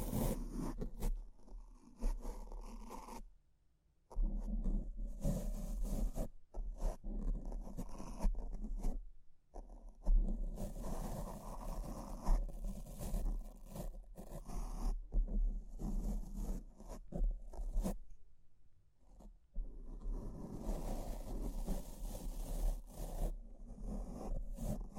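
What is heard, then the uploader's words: Brain scratching sounds, a run of rough, dense scraping and rustling strokes, like a zipper or fingernails dragged across a surface. The strokes come in bursts of several seconds, broken by brief silent gaps near 4, 9 and 18 seconds, with a steady low hum underneath. ASMR S E N S I T I V E Brain Scratch (No Talking).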